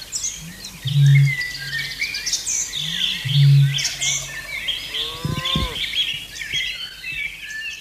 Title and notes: By Ellen Rykers: The bittern’s eerie, booming call sounds like a lament, a tangi ringing across the marshes.